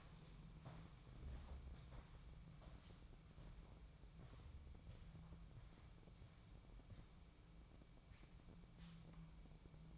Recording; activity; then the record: daily activity, microphone in the room; walk to room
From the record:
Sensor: 1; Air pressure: 1008.2 hPa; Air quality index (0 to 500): 140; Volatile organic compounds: 2 ppm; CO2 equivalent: 1171 ppm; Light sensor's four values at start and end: 10/24/10/10 and 10/23/9/10